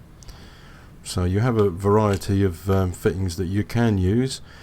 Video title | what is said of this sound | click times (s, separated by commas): How to install a rivet nut (rivnut) and the tools you need | they lock into place like this actually in the tool itself. | 0.2 s